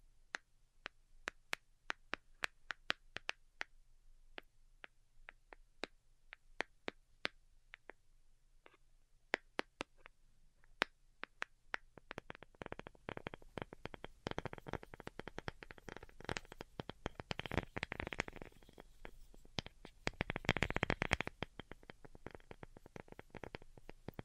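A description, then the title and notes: Delicate tapping, with sharp, bright clicks spaced out irregularly over a faint low hum for the first twelve seconds. After that the taps come fast and dense, building into quick bursts that peak around twenty to twenty-one seconds before easing slightly. ASMR DELICATE Tapping for Sleep (No Talking).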